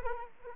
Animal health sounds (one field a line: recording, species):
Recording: mosquito wingbeat signal from an infrared sensor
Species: Culex quinquefasciatus